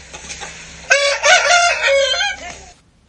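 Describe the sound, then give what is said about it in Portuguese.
A rooster kept among chickens, ducks and pigeons lets out one loud, drawn-out crow lasting about two seconds, a bright harmonic call that rises, holds and trails off, preceded by a faint rustling background. “Tem patos, galinhas, pombas.”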